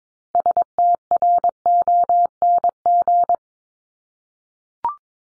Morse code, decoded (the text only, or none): STRONG